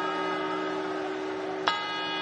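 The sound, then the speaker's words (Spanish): The first heavy clock bell strike of the New Year's Eve midnight chimes (campanadas) of 2023 rings out over a steady, humming resonance left from the earlier carillon and quarter chimes, its sharp onset followed by a bright, lingering tone. “Y ahora las campanadas.”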